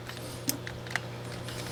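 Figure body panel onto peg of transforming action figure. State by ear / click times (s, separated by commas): seated / 0.5 s, 1.0 s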